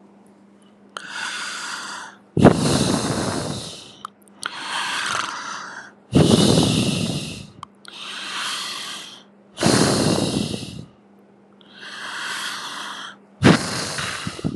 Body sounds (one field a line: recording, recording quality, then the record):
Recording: deep breathing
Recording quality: excellent, no background noise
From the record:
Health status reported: healthy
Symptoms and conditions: hypertension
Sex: male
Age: 49 years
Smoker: yes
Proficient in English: yes